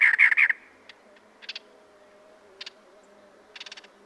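Cactus wren giving a quick run of harsh, grating chattering notes, followed by scattered fainter raspy notes over a quiet background.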